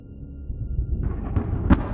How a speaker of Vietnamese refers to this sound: Bỗng dưng lúc này, trời nổ một tiếng sấm thật lớn.